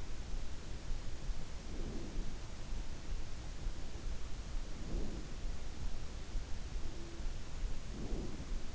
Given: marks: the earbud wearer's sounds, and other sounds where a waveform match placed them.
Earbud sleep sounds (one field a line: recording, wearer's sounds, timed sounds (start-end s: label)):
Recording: sounds in sleep by an in-ear microphone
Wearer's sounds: breath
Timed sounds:
1.55-2.55 s: breath
4.58-5.40 s: breath
7.79-8.75 s: breath